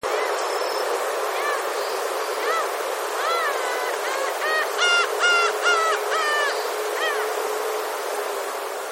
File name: umineko